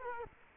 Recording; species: mosquito wingbeat signal from an infrared sensor; Culex quinquefasciatus